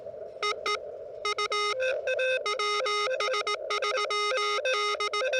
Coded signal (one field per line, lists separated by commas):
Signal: Morse code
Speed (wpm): 18 wpm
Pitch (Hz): 1250 Hz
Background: music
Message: EE U WS3D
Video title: CW Pile Ups? No worries....